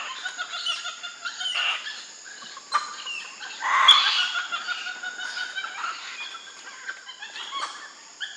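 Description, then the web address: Red uakari calls: harsh harmonic squeals and chirps with a loud burst near the middle, over a steady high insect drone. Primate of the South American rainforest. "Natures Songs S America Primates of the Rainforest Red uakari monkey"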